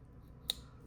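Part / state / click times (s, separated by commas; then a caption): folding knife blade lock engaging in the handle / seated / 0.5 s. After the pivot is tightened on a reassembled Divo TallBoy V1.5 folding knife fitted with Skiff bearings, the blade is swung and its lock/detent engages in the handle. A single sharp metallic click lands at 0.5 s, bright around 4 kHz, over a faint low background hum. The blade lock is fully seated.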